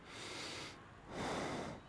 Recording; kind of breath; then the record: one breath in and out by a microphone near the nose and mouth; normal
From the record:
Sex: male